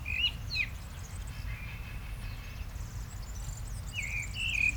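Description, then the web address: Common blackbird giving clear whistled notes near the start and again at the end, over a steady low rumble. "SETE data Turdus merula"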